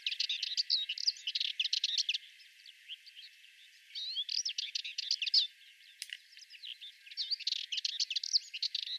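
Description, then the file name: Sardinian warbler song: repeated bursts of fast, harsh chattering with sweeping whistled notes and a brief sharp click between phrases. "Fauvette melanocephale"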